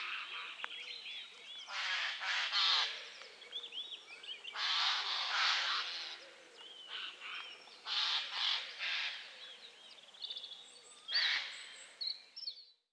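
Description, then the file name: Eurasian jay giving harsh, rasping screeches in clustered bursts separated by pauses of a few seconds, with thin looping whistles in the background. "Garrulus glandarius"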